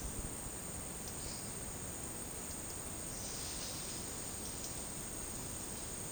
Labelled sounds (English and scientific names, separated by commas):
none